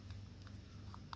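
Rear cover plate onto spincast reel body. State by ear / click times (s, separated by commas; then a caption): not seated / none. The rear cover plate of a Zebco 33 spincast fishing reel is handled as it goes back onto the reel body, which it twist-locks into. Only faint handling ticks are heard over a low steady hum, with small sharp ticks near 0.9 s and 1.1 s. The plate has not seated or clicked into place yet.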